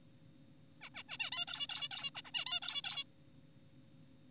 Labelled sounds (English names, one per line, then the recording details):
Zebra Finch
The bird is an adult
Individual g4p5U